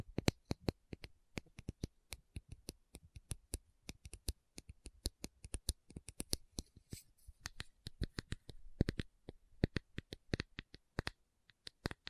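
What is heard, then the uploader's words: A steady stream of quick, crisp taps fills the whole stretch, with no talking. The taps land in irregular clusters, several per second, each a bright click with a soft low thud underneath. They grow busiest between about six and nine seconds. Tapping Session (No Talking).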